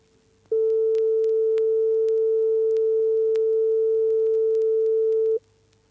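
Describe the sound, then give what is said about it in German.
A single low test tone from the left loudspeaker, part of a stereo channel test, holds one steady pitch for about five seconds, starting and stopping abruptly, with no talking over it. “Sie hören abwechselnd aus dem linken Lautsprecher einen tiefen Ton und aus dem rechten einen höheren.”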